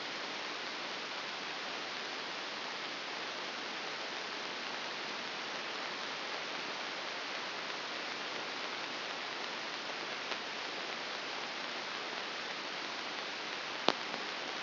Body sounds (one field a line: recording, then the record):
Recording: brain microelectrode recording played as sound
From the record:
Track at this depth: inside the subthalamic nucleus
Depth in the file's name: 3.099 mm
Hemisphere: left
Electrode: 2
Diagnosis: Parkinson's disease